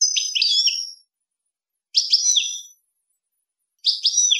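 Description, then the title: European goldfinch phrase of tinkling, slurred high notes, repeated about every two seconds with silence between. "Chant Chardonneret"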